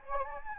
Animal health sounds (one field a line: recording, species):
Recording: mosquito wingbeat signal from an infrared sensor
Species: Anopheles gambiae